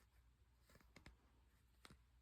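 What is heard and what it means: One piece of a costume arm bracer is handled against its mating bracer piece after a long struggle to join them. Quiet handling rustle is broken by a few small, sharp taps, the loudest near 1.1 s and 1.9 s. Nothing has seated or clicked yet.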